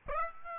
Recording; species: mosquito wingbeat signal from an infrared sensor; Aedes aegypti